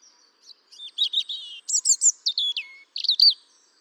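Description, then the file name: European robin song phrase of quick, high, liquid notes, some sliding down sharply, delivered in short bursts without pause across the few seconds. "Erithacus rubecula"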